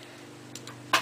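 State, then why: Seated. While reassembling a steel Mosin Nagant rifle bolt (M39, M38, M44, 91/30, M91, 1891 Dragoon, 7.62x54R), the parts are held together and the cocking piece is pulled back to seat the cocking piece and firing pin assembly in the bolt body. Two faint ticks sound at about 0.6 s and 0.7 s, then a sharp, loud metallic click at 0.9 s. The cocking piece is seated in position.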